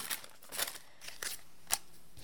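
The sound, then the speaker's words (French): Thick paper being picked up and handled for drawing the shapes of butterfly wings, giving a few crisp, brief rustling swishes spaced unevenly over a couple of seconds, fairly soft, with no voices. “Donc, je prends du papier un peu plus épais, voilà.”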